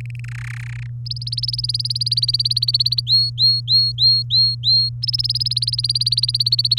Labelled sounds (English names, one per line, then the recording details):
Domestic Canary song
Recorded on 24 April 2018 at 07:57
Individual llb3